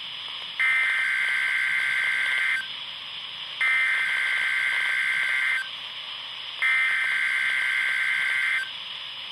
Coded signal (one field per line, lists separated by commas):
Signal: Emergency Alert System (SAME) tones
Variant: header bursts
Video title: Required weekly test (EAS #55) (Radio: midland hh50) ( KEC55 ) 5-6-20